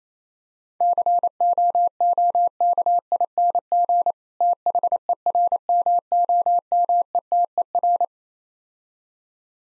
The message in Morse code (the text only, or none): COOKING THERMOMETER